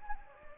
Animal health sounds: mosquito wingbeat signal from an infrared sensor; Anopheles gambiae

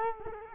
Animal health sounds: mosquito wingbeat signal from an infrared sensor; Culex quinquefasciatus

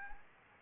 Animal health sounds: mosquito wingbeat signal from an infrared sensor; Anopheles gambiae

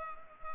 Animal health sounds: mosquito wingbeat signal from an infrared sensor; Culex pipiens

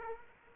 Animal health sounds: mosquito wingbeat signal from an infrared sensor; Aedes aegypti

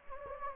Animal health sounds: mosquito wingbeat signal from an infrared sensor; Anopheles gambiae

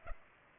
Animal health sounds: mosquito wingbeat signal from an infrared sensor; Culex pipiens

